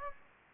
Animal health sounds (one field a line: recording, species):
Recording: mosquito wingbeat signal from an infrared sensor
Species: Anopheles gambiae